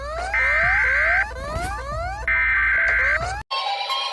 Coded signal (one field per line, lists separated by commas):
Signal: Emergency Alert System (SAME) tones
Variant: header bursts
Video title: Mr Increíble Afortunado/Perturbado (EAS ALARM...) Parte 10 | 10/15 - 🎊 Especial 300 Suscriptores 🎊